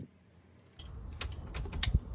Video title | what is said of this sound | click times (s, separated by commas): How to Replace Spark Plugs Ford Escape / Mariner / Mazda Tribute 3.0 2008-2012 DIY (Complete Guide) | Make sure you hear the click. | 1.8 s